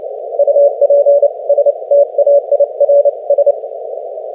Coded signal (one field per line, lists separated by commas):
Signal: Morse code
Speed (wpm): 27 wpm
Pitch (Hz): 570 Hz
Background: none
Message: UPSTAIRS